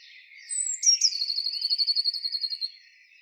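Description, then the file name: Eurasian blue tit giving a thin high note, then a rapid ringing trill of many even notes. "Cyanistes caeruleus"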